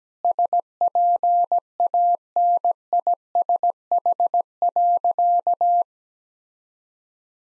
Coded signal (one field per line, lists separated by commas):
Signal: Morse code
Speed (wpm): 17 wpm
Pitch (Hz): 700 Hz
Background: none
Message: SPANISH.